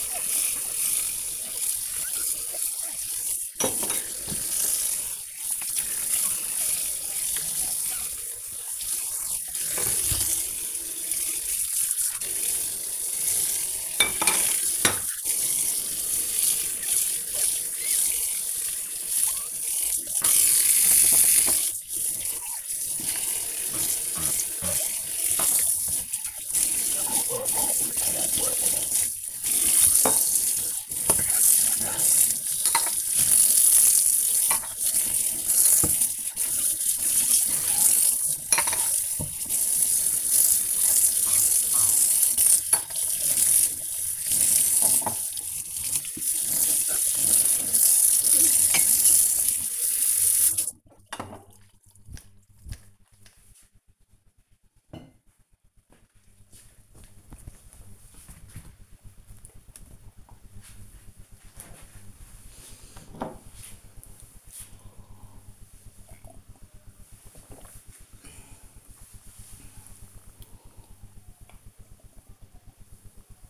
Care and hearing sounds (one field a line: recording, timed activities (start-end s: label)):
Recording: household activities, microphone on the right wrist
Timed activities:
0.00-50.36 s: washing dishes
64.45-73.50 s: drinking